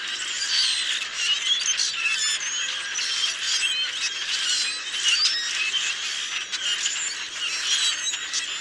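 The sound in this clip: Common grackle chorus of grating creaks, squeals and short chirps, steady and crowded from start to finish.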